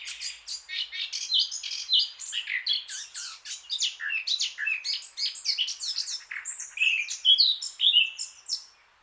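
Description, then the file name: Eurasian blackcap song, a fast, scratchy warbling run of jumbled chattering notes that breaks into clearer whistles near the end. "Sylvia atricapilla"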